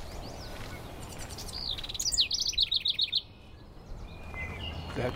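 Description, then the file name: Bullock's oriole song: a series of bright, sharp chattering notes over steady background noise. June 2016. "201606-June Bullocks Oriole Sawhill Ponds"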